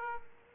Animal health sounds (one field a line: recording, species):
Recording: mosquito wingbeat signal from an infrared sensor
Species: Aedes aegypti